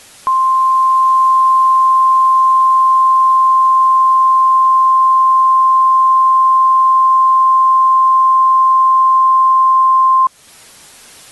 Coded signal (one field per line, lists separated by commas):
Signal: Emergency Alert System (SAME) tones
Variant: 1050 Hz attention tone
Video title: *VALID TONES* EAS Scenario: Weather Disaster